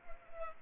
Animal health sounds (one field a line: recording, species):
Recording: mosquito wingbeat signal from an infrared sensor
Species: Culex pipiens